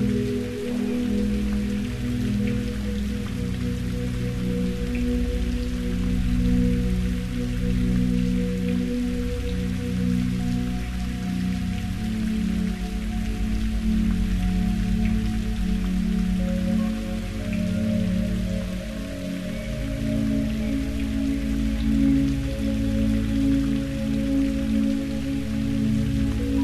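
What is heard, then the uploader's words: Rain falls steadily through the night, a soft, even patter with faint scattered drops higher up. A dense low rumble and hum sits underneath throughout, shifting slightly in pitch, and the level stays nearly constant, dipping briefly around the nineteen-second mark. Sleep Sounds: When the Night Rain Calms You - 432Hz.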